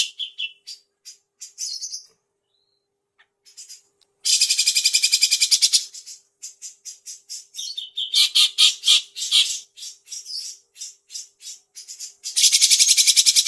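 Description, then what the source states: Grey-cheeked bulbul with rapid harsh rattles and separate scratchy notes, the rattle returning several times throughout. Masteran training song, long duration.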